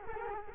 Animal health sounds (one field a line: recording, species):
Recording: mosquito wingbeat signal from an infrared sensor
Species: Culex quinquefasciatus